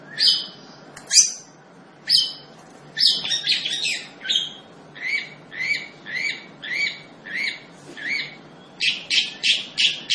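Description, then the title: Long-tailed shrike mixing harsh grating notes with a run of repeated two-tone chirps, then a fast burst of scratchy notes. Singing lively, described by the Indonesian term gacor. "Cendet Gacor"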